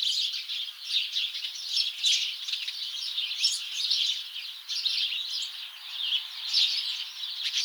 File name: Passer domesticus